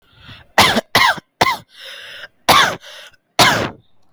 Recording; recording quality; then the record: heavy voluntary cough; excellent, no background noise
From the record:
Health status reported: exposed to COVID-19, no respiratory illness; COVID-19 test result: not tested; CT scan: not taken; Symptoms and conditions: none ticked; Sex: male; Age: 22 years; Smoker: no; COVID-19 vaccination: none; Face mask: not worn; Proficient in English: yes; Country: India